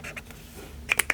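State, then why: Not seated. A plastic cap is pushed back onto a felt-tip marker while someone colors in a budget tracker. Faint scratchy handling sounds are followed by three sharp, bright taps near the end. The cap has not clicked on yet.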